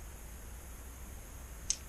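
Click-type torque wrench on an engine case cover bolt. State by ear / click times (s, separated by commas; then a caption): not seated / none. A click-type torque wrench is tested on a case cover bolt of a 2009 ZX-10R engine to check that it clicks at the set torque. Over steady low hum and high hiss, a single brief, sharp tick stands out at 1.7 s. The wrench has not clicked at its setting; it fails the test.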